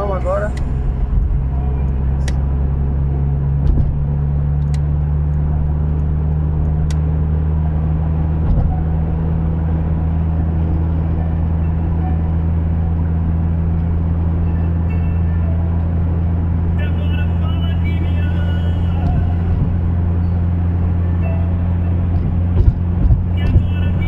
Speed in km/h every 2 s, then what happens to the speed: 76, 81, 88, 89, 92, 94, 95, 96, 98, 98, 100, 101.
0-24 speeds up to 101.